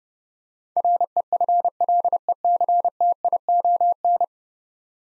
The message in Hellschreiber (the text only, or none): none